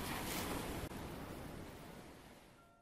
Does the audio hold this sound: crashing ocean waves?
yes